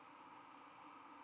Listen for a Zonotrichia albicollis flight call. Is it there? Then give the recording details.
no. No flight call is heard. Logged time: 01:53 on 12 November 2014